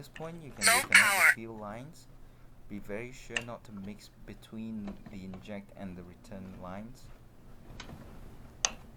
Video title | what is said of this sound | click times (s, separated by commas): How to Repair Fuel Pump Issues (Proton Gen2) | installed you should hear a click sound and try to wiggle to | 8.6 s